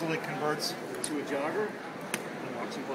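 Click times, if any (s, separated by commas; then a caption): 2.1 s. A Baby Jogger Pod stroller is converted to jogger mode while someone talks throughout. The jogger front wheel is fitted into the stroller frame and locks in place with a single sharp click at 2.1 seconds, seated and confirmed.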